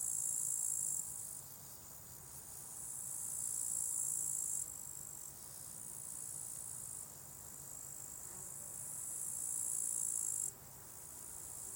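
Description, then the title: Cricket chorus of high, rasping trills pulsing in waves of a few seconds each, rising and breaking off repeatedly, with a low background hum. Crickets at a small spot beside a hiking path with wild natural meadows at Lake Wolfgangsee, Strobl, Austria; some traffic audible; recorded with SD702t and MKH8040. "Strobl, Österreich - Grillen am Wolfgangsee"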